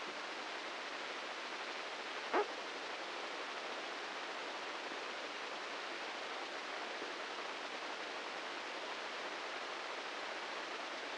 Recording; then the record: brain microelectrode recording played as sound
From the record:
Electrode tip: inside the subthalamic nucleus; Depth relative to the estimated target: -2 mm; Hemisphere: right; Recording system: NeuroSet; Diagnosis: Parkinson's disease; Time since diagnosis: 15 years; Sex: male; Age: 65 years